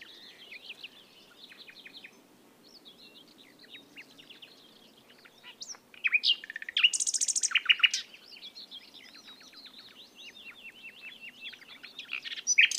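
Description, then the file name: Common nightingale song, a long flow of varied chirps, trills and whistles, with a loud, harsh burst of rapid notes in the middle. "Luscinia megarhynchos"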